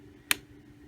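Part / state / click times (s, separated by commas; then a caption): action camera mount buckle into mount base on pole / seated / 0.3 s. A GoPro-style action camera mount buckle is slid onto the mount base superglued to the end of a homemade pole. A single sharp, bright click sounds at 0.3 s over a quiet, steady low hum. The buckle snaps in and is seated.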